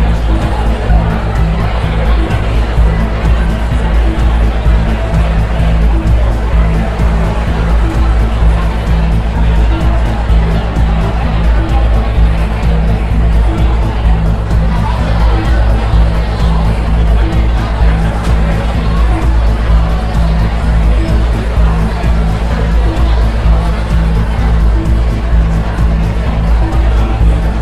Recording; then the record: background sound without coughing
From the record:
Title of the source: Party Noise 1 Hour Party Ambience